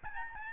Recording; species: mosquito wingbeat signal from an infrared sensor; Aedes albopictus